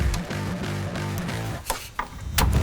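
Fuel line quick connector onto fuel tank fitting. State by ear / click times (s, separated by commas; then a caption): seated / 2.4 s. A green fuel line quick-connect coupling is pushed onto the tank fitting of a replacement S&B 62-gallon diesel fuel tank on a 2011-2023 GM Duramax 6.6L Crew Cab Short Bed. Over steady background music, short sharp taps come at 1.7 s and 2.0 s, followed by the loudest click at 2.4 s as the locking tab snaps. The connector is seated.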